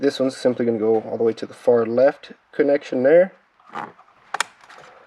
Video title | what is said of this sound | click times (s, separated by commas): HOW TO INSTALL CRUISE CONTROL IN 2010-2016 HYUNDAI ACCENT- Rostra Cruise Control Kit 250-9628 | that'll click right in | 4.3 s, 4.4 s